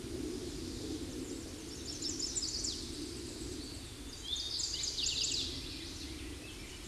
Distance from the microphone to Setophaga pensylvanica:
about 10 m